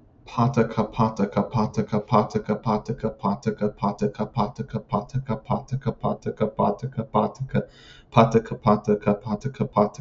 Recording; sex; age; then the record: repeated syllables /pa ta ka/; male; 20 to 29 years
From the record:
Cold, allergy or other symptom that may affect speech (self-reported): no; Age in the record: 27 years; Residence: Nevada, United States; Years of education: 14